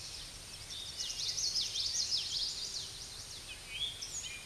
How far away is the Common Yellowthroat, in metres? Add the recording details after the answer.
about 35 m. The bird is about 10 m above the microphone. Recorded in a Pennsylvania forest on 16 May 2024 at 07:11. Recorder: AudioMoth, point MSD-2304. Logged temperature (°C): 16.0 °C. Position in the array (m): 242 m, 174 m